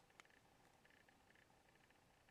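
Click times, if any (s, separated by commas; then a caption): 0.2 s. The plastic battery cover of a Samsung Wave S8500 phone is pressed back onto the back of the handset over the battery. A single sharp, short snap at 0.2 s stands out above a low, steady background rustle. The cover pops into place and is seated.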